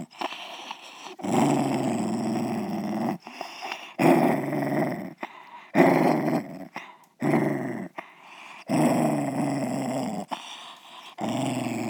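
Dog growling: rough growls in short bouts broken by brief pauses, several in all.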